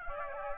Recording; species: mosquito wingbeat signal from an infrared sensor; Aedes aegypti